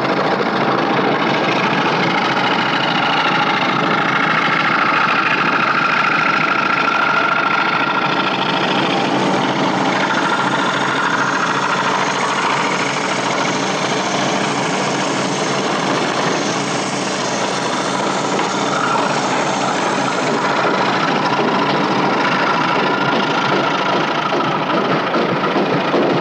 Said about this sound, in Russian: Поликарп и Хохлов в доме с машиной для обработки дерева.